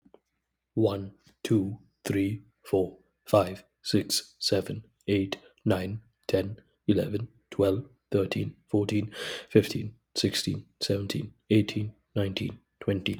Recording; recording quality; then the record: counting at a normal pace; excellent, no background noise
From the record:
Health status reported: recovered from COVID-19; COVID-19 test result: positive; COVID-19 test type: rapid antigen test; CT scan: not taken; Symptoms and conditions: sore throat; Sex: male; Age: 25 years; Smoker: no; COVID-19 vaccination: both doses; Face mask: not worn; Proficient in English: yes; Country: India